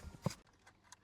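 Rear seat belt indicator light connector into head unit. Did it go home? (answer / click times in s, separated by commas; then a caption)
yes / 0.3 s. A rear seat belt indicator light connector on a short cable is pushed into the head unit of a Toyota Hilux (N80) during a wireless Apple CarPlay install, after the screen is lifted to give the cable slack. It clicks in at 0.3 s with a sharp snap, seating the connector. Two fainter clicks follow around 0.7 s and 0.9 s.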